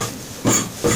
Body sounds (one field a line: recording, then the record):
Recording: coughing mixed with background sound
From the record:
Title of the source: Cough Around the Clock!